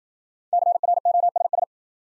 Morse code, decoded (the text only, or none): CROSS